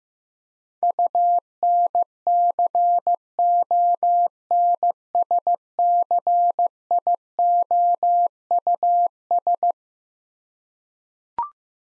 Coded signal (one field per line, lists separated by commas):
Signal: Morse code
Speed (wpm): 15 wpm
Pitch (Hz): 700 Hz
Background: none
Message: UNCONSCIOUS